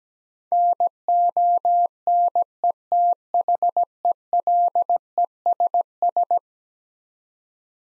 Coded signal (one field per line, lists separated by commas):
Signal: Morse code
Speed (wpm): 17 wpm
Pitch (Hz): 700 Hz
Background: none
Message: NONETHELESS